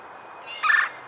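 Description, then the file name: Red-bellied woodpecker, a single brief, harsh, rolling churr call rising out of a soft hiss. "Melanerpes carolinus - Red-bellied Woodpecker"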